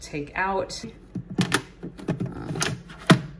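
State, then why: Seated. After cleaning, the two-piece plastic lint filter of a Morus Zero portable clothes dryer is put back together and pushed back into its slot. Someone talks while several short plastic knocks and clicks sound. A final sharp click at 3.1 s marks the filter locking into place.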